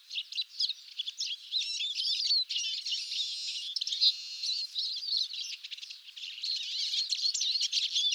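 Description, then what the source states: Chorus of Eurasian siskin calls, many high wheezy twitters and sharp chirps overlapping steadily throughout. Several birds calling during a late-winter migratory stopover before moving on to breeding sites in northern Europe.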